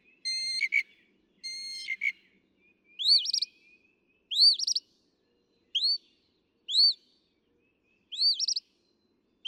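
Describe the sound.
Northern mockingbird song: a varied series of phrases, first two buzzy harmonic bursts, then repeated sweet rising-falling whistled notes, each phrase given in short bursts with pauses.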